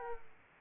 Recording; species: mosquito wingbeat signal from an infrared sensor; Aedes aegypti